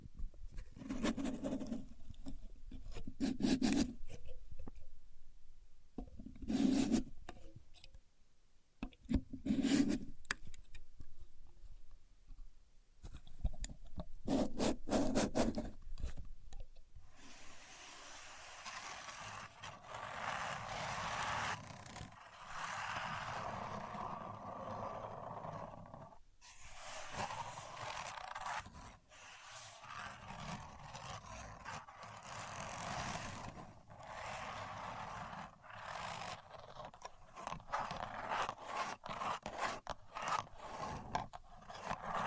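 Contour gauge use: pins clicking and scraping in short bursts early on, then longer, denser rubbing and rasping strokes continuing throughout.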